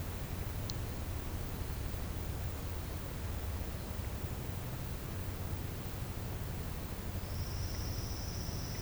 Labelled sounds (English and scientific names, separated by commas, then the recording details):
none
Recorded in pastures near Puerto Asís, Putumayo, Colombia, on 21 March 2025 at 12:00
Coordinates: 0.472, -76.329
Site G074